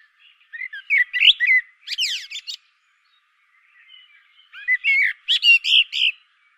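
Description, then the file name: Common blackbird song: two warbled phrases of mellow whistles mixed with bursts of shrill high notes. "Turdus merula"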